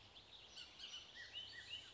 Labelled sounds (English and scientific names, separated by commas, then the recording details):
Bullock's Oriole (Icterus bullockii)
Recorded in Sonoma County, California